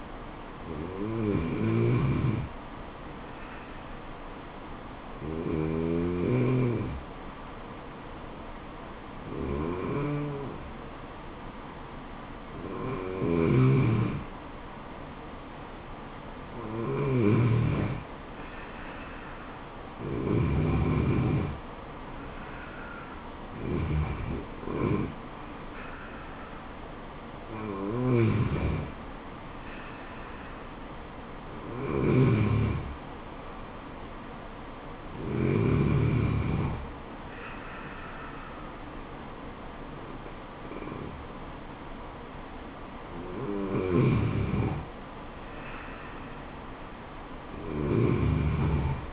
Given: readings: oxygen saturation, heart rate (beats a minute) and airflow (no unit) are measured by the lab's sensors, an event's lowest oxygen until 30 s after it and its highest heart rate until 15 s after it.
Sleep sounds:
breathing in sleep by a voice recorder at the bedside; 1
3.00-19.00 s: hypopnea (N2, oxygen 96% highest, then 93% lowest, heart rate 73 at the start, 81 highest)
From the record:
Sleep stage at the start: N2 (light sleep); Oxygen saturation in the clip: 93 to 96%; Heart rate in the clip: 71 to 81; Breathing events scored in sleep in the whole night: 426 in 7.4 hours asleep

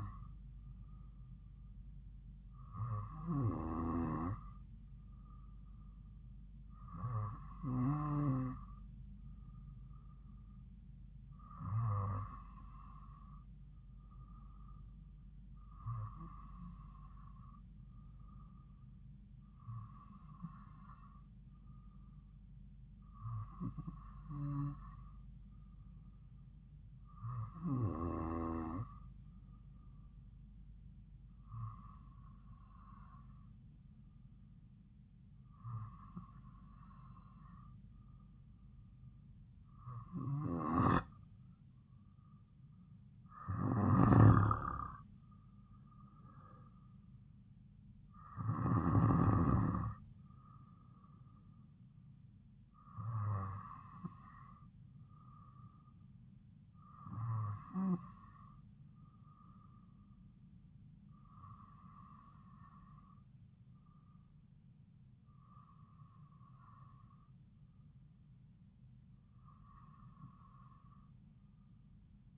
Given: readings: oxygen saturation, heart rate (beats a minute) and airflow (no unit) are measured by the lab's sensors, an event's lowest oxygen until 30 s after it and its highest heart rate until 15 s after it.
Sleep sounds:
breathing in sleep by a smartphone at the bedside; none
7.00-37.00 s: new sleep stage, N2 (light sleep)
37.00-67.00 s: new sleep stage, N3 (deep sleep)
67.00-72.38 s: new sleep stage, N2 (light sleep)
From the record:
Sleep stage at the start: N3 (deep sleep); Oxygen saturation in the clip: 93 to 95%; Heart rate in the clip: 53 to 58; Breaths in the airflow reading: 18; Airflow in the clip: -3.6 to 4.6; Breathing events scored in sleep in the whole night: 270 in 6.1 hours asleep

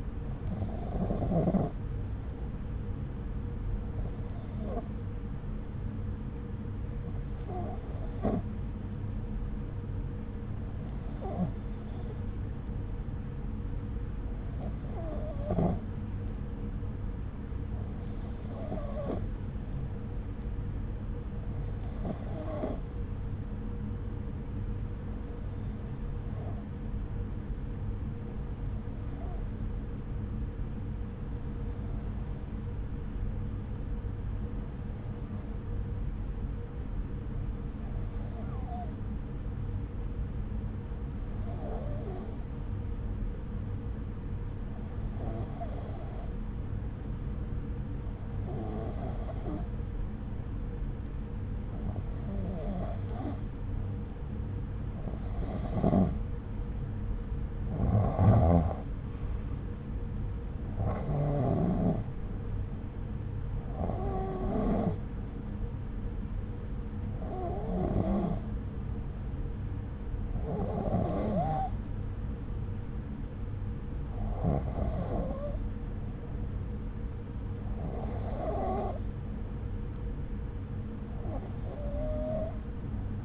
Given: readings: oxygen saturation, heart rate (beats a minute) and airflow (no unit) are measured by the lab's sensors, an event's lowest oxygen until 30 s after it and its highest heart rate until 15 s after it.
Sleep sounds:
breathing in sleep by a smartphone at the bedside; 1
4.00-54.10 s: hypopnea (N2, oxygen 94% highest, then 90% lowest)
From the record:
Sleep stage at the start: N2 (light sleep); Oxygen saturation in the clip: 90 to 94%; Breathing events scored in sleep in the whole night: 303 in 8.1 hours asleep

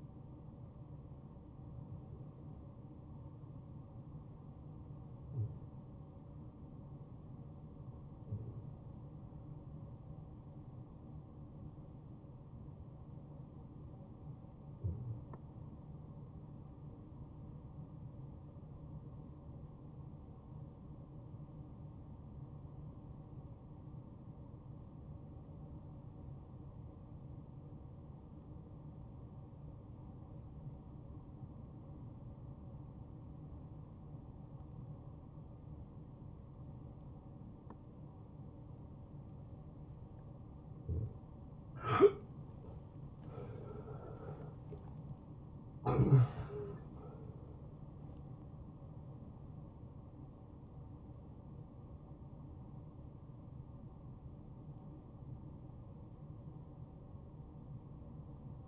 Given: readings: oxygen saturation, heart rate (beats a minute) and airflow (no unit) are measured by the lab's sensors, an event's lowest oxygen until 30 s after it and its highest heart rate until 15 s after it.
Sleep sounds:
breathing in sleep by a smartphone at the bedside; 1
4.00-41.80 s: obstructive apnea (N1, oxygen 94% highest, then 74% lowest, heart rate 71 at the start, 87 highest)
5.00-35.00 s: new sleep stage, REM sleep
35.00-58.68 s: new sleep stage, awake
43.00-58.68 s: awake
From the record:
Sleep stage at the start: N1 (lightest sleep); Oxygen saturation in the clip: 76 to 95%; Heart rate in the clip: 57 to 89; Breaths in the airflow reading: 3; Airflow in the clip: -14.7 to 7.7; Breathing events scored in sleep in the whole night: 263 in 5.5 hours asleep

